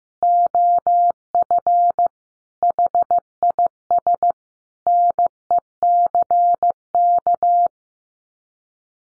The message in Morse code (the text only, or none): OF HIS NECK